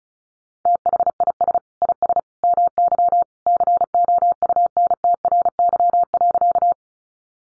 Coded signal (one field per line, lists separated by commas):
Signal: Morse code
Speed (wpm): 34 wpm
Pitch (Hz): 700 Hz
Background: none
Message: THIS IS MY COUNTRY.